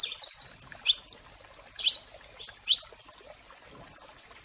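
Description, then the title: Domestic canary singing scattered sharp chirps and short whistles in a few bursts, separated by pauses, with a soft background hiss. "Kenari Portugis"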